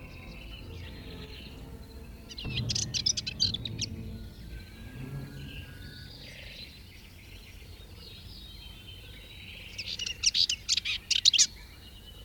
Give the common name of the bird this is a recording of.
Subalpine Warbler